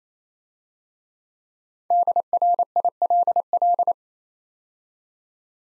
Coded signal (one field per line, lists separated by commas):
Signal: Morse code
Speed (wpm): 27 wpm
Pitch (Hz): 700 Hz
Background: none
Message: DRILL